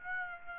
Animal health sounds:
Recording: mosquito wingbeat signal from an infrared sensor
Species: Aedes aegypti

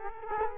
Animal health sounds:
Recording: mosquito wingbeat signal from an infrared sensor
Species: Culex quinquefasciatus

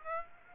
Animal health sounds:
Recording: mosquito wingbeat signal from an infrared sensor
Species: Aedes aegypti

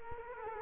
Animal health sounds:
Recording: mosquito wingbeat signal from an infrared sensor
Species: Culex quinquefasciatus

